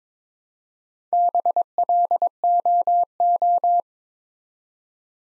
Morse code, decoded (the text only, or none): BLOO